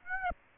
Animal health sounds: mosquito wingbeat signal from an infrared sensor; Aedes aegypti

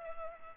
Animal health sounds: mosquito wingbeat signal from an infrared sensor; Culex pipiens

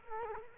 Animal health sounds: mosquito wingbeat signal from an infrared sensor; Culex quinquefasciatus

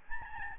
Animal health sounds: mosquito wingbeat signal from an infrared sensor; Aedes albopictus

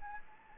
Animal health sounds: mosquito wingbeat signal from an infrared sensor; Anopheles gambiae

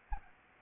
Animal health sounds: mosquito wingbeat signal from an infrared sensor; Anopheles gambiae

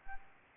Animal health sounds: mosquito wingbeat signal from an infrared sensor; Aedes aegypti

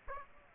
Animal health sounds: mosquito wingbeat signal from an infrared sensor; Aedes aegypti

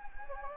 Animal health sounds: mosquito wingbeat signal from an infrared sensor; Anopheles gambiae

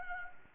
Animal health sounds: mosquito wingbeat signal from an infrared sensor; Anopheles arabiensis

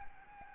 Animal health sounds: mosquito wingbeat signal from an infrared sensor; Aedes albopictus

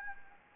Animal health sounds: mosquito wingbeat signal from an infrared sensor; Anopheles gambiae

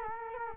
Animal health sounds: mosquito wingbeat signal from an infrared sensor; Culex quinquefasciatus

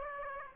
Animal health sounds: mosquito wingbeat signal from an infrared sensor; Aedes aegypti

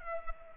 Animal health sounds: mosquito wingbeat signal from an infrared sensor; Culex pipiens

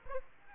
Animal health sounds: mosquito wingbeat signal from an infrared sensor; Aedes aegypti

